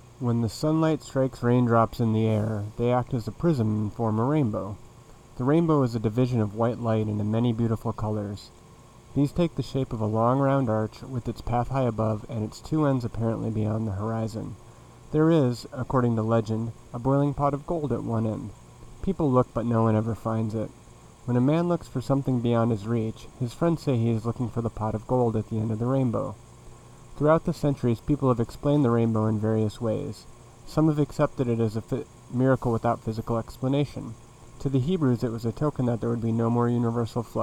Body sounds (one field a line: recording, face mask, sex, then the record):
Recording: reading aloud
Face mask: none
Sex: male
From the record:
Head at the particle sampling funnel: facing it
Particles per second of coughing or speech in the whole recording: 5.71